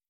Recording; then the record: hydrophone in a shrimp aquaculture tank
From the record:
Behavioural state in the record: feeding